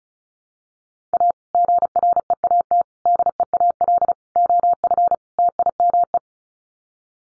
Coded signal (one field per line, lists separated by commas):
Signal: Morse code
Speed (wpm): 34 wpm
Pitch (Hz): 700 Hz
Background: none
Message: A GREAT DEAL OF TIME